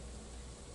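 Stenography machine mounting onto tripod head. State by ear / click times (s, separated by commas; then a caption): not seated / none. A Wave steno machine is being handled onto a tripod head that fits into the opening on its bottom, to be turned slightly counterclockwise until it locks. Only a steady, broadband noise with a low rumble is heard over the 0.8 seconds, with no distinct impacts. Nothing has seated or clicked yet.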